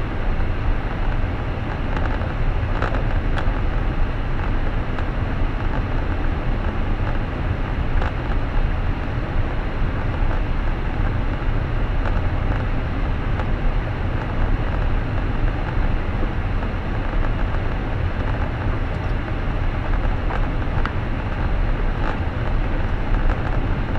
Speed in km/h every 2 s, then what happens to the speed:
44, 45, 45, 46, 47, 48, 49, 49, 49, 49, 49, 49.
0-24 steady at about 48.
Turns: none.